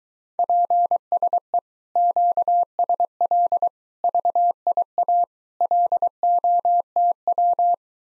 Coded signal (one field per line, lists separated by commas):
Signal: Morse code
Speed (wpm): 23 wpm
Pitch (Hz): 700 Hz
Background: none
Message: PSE QSL VIA LOTW